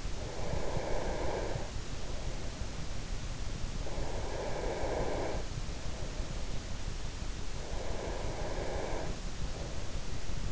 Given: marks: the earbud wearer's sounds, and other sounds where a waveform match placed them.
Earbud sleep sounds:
sounds in sleep by an in-ear microphone; breath
0.00-3.55 s: breath
3.77-7.35 s: breath
7.54-10.52 s: breath

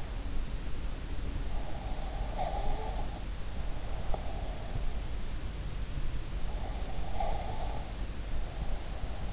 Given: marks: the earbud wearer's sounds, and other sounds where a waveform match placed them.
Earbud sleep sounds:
sounds in sleep by an in-ear microphone; breath
1.82-4.62 s: breath
6.70-9.33 s: breath

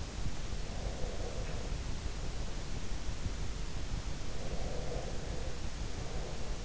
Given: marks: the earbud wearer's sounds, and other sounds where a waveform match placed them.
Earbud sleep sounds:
sounds in sleep by an in-ear microphone; breath
0.64-2.72 s: breath
1.36-1.81 s: sound from someone else or the room
4.28-6.62 s: breath

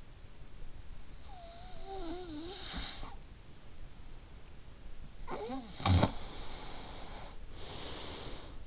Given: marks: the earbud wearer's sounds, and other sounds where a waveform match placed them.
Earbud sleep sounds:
sounds in sleep by an in-ear microphone; snoring breath
1.30-3.39 s: snoring breath
5.07-8.67 s: snoring breath

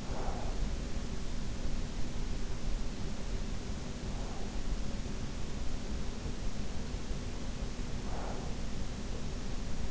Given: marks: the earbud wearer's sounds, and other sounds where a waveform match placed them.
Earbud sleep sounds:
sounds in sleep by an in-ear microphone; breath
0.00-1.00 s: breath

